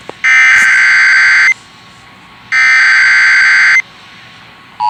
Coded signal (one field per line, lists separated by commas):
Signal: Emergency Alert System (SAME) tones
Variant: header bursts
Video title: Mini EAS Scenario: Knoxville Tornado (2 of them intrupted Me and Dark Melon)